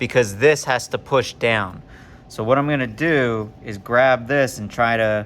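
Someone talks while handling a plywood part of a UGears Pendulum mechanical model kit, getting ready to press it down into its slot in the kit frame because it has to push down. Nothing has seated or clicked into place yet.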